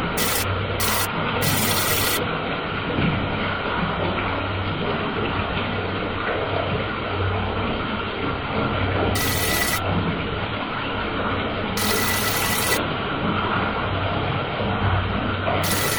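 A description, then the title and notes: Bath water runs in a steady, dense rush with little change in level, carried over a low hum. Brief brighter, hissier spurts break through now and then, several in the first two seconds and again around nine, twelve and sixteen seconds. Bath water recorded at Dorchminster Manor, Ditmas Park, Brooklyn, Spring 2009, by Dan Bodah.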